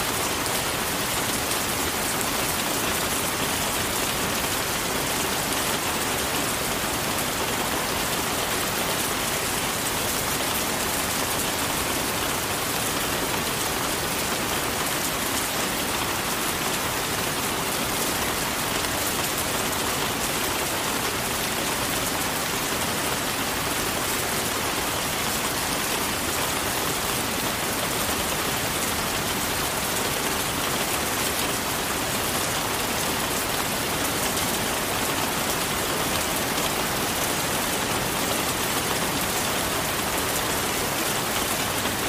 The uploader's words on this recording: Rain Sounds for Sleeping In Rainforest Treehouse Bedroom - White Noise.